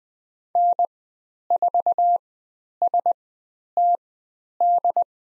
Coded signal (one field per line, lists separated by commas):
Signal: Morse code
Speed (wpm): 20 wpm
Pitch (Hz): 700 Hz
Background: none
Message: N4STD